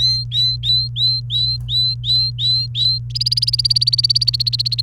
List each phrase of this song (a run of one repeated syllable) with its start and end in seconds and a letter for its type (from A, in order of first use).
0.00-2.98 A, 3.10-4.82 B